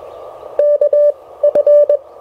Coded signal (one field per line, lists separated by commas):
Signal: Morse code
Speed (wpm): 20 wpm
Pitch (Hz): 600 Hz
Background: none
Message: KF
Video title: Relaxing POTA Therapy: Taking the amazing Mission RGO One to the Field!